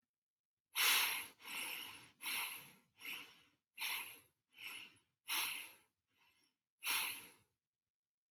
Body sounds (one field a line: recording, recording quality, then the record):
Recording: shallow breathing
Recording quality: excellent, no background noise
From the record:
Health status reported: healthy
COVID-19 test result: negative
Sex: male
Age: 23 years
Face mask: not worn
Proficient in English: yes